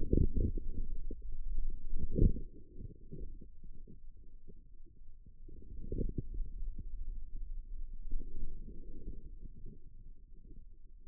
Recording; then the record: forearm muscle sounds (acoustic myography)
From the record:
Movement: outward rotation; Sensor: system 2, bracelet of six BSWA MPA416 microphones around the upper forearm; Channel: 1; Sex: male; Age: 22 years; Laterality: right